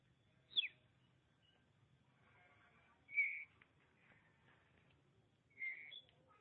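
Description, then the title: Oriental magpie-robin song: one sharp falling whistle followed by two drawn-out level whistled notes, each about two and a half seconds apart. "Suara Kicauan Burung Kacer"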